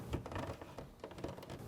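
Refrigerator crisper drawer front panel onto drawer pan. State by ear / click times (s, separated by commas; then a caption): not seated / none. Plastic tabs on a Whirlpool refrigerator crisper drawer pan (part W10850377) are lined up and inserted into the notches on the drawer's front panel before the panel is pushed home. Only light handling noises are heard, with brief knocks and scrapes at about 0.3, 0.4, 0.6, 0.8, 1.0 and 1.2 seconds. Nothing has snapped or seated yet.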